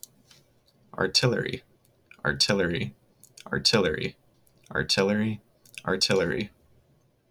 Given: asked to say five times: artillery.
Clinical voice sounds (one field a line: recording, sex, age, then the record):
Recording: repeated word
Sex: male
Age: 20 to 29 years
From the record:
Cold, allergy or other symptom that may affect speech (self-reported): no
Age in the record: 24 years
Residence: Arkansas, United States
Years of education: 16